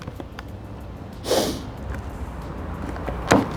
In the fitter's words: there we go so down and in so push it down and then and that locks into place